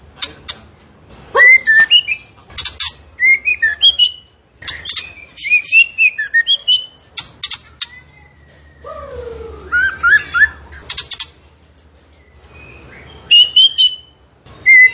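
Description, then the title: Bird song of varied chips and quick whistled phrases, with one lower downslurred note midway and several short pauses. Masteran (training recording for cage birds) of a bird singing gacor (actively, energetically) with tembakan-style song. "Masteran Burung Tembakan Gacor"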